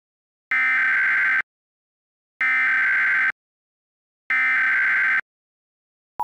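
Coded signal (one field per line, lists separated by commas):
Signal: Emergency Alert System (SAME) tones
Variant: header bursts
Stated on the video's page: Fictional mock EAS alert made as a collaboration.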